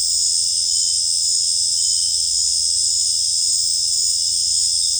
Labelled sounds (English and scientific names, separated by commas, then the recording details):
none
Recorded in secondary vegetation near Puerto Asís, Putumayo, Colombia, on 26 December 2024 at 19:00
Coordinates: 0.484, -76.319
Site GP06